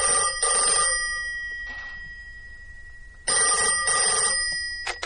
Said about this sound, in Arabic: الو؟ ايوه يا فندم، تليفون عشانك يا بابا.